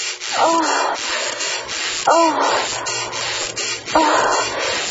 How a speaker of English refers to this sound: Oh, well, hey, Tom, can you take me out with the squeaky bed and the biatch?